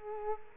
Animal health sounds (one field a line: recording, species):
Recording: mosquito wingbeat signal from an infrared sensor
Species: Culex quinquefasciatus